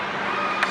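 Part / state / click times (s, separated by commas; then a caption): fixture cover with square back block onto its mounting bracket / seated / 0.6 s. A fixture cover with a square block on its back is pushed onto its mounting bracket and snaps into place with a short, sharp click at 0.6 s. The click stands out over steady broadband background noise that sounds like traffic. Someone talks around the moment it seats.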